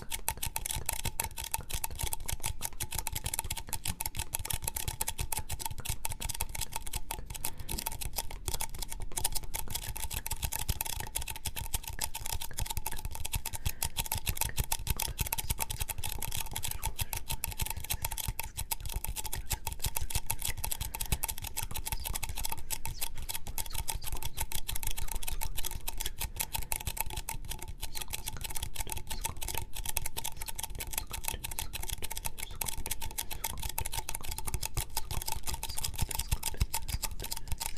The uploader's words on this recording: ASMR Mouth Sounds and Sticky Tapping.